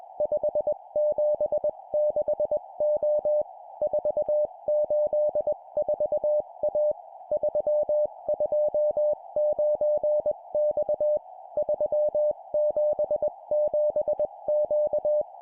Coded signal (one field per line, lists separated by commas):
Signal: Morse code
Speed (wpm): 20 wpm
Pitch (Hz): 600 Hz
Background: music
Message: 576O 484A 329X 377Q